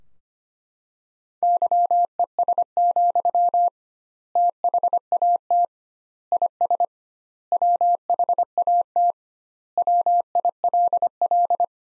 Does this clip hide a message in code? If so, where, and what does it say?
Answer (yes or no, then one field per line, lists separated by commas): yes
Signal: Morse code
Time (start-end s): 1.4-11.6 s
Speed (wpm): 25 wpm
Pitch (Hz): 700 Hz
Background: none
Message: YES, THAT IS WHAT WILL